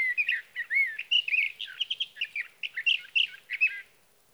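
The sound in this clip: Sage thrasher song: a fast, continuous warble of varied whistled and burry notes lasting nearly four seconds, with no other sounds.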